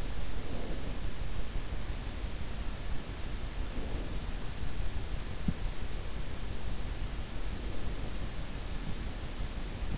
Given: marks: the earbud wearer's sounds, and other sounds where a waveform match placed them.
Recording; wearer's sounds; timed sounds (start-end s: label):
sounds in sleep by an in-ear microphone; breath
0.00-1.51 s: breath